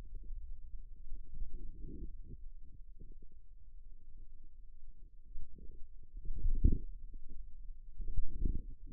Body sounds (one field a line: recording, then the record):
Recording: forearm muscle sounds (acoustic myography)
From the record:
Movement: pen grasping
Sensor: system 2, bracelet of six BSWA MPA416 microphones around the upper forearm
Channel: 5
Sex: male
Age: 22 years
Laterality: right